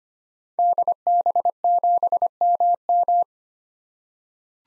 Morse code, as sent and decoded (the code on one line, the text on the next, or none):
-.. -... --... -- --
DB7MM